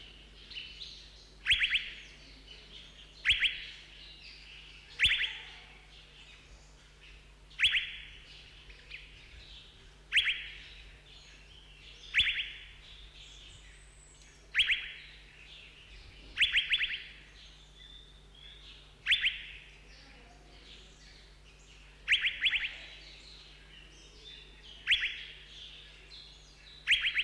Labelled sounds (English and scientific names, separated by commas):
Asian Fairy-bluebird (Irena puella)